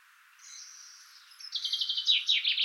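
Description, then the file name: Common chaffinch song: a thin drawn-out whistle precedes a fast series of loud repeated notes. "Fringilla coelebs"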